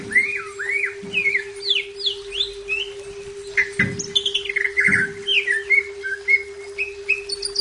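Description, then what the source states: Leafbird singing a fast, varied medley of rising and falling whistles and chirps, with a few dull thumps and a constant low hum beneath. Labelled Cucak Ijo 'Daun Kecil'.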